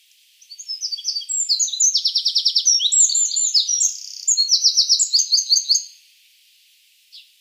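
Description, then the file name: Eurasian wren singing a loud, rapid, high-pitched outpouring of sharp notes and fast rattling trills that lasts about five seconds, then a faint single note. "Troglodytes troglodytes"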